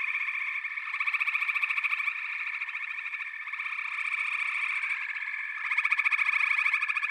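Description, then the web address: Frogs trilling in a thick chorus, buzzy and constant, with a louder pulsed caller breaking through near the end. "The Natural Sounds of the Wilderness 10 CDs collection Echoes of Nature - Frog Chorus"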